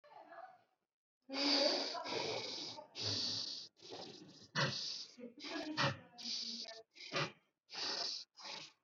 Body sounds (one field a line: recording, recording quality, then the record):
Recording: deep breathing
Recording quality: moderate, slight background noise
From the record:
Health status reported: COVID-19 positive, mild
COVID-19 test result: positive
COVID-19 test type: RT-PCR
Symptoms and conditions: cough, cold, fatigue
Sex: male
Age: 39 years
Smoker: no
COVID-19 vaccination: both doses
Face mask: worn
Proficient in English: yes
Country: India